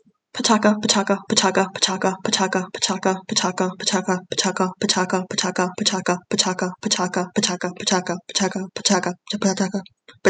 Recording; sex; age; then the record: repeated syllables /pa ta ka/; female; 20 to 29 years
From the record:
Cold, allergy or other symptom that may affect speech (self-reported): no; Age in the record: 24 years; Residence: Texas, United States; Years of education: 16